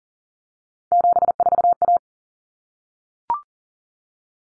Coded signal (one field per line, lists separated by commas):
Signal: Morse code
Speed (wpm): 40 wpm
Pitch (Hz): 700 Hz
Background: none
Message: 74A